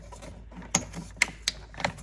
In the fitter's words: like so you should hear a little firm little click